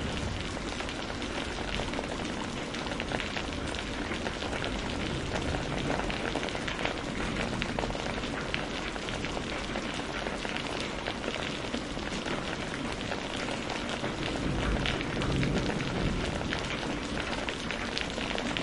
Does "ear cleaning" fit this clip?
no